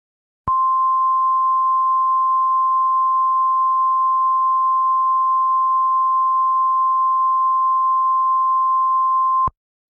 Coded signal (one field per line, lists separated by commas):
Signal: Emergency Alert System (SAME) tones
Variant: 1050 Hz attention tone